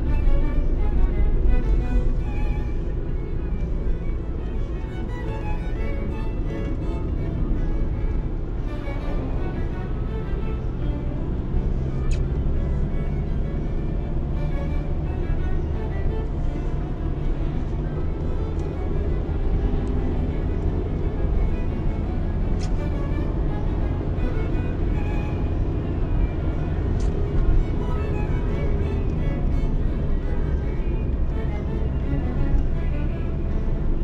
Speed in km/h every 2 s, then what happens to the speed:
49, 45, 43, 43, 43, 49, 55, 59, 59, 63, 67, 68, 69, 67, 62, 52, 54.
0-3 slows to 43. 3-8 steady at about 43. 8-23 speeds up to 69. 23-29 slows to 52.